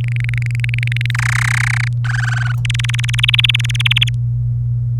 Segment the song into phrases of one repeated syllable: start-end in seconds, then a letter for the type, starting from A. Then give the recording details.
0.01-1.11 A, 1.15-1.88 B, 2.04-2.55 C, 2.65-4.09 D. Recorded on 27 April 2018 at 06:45. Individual llb3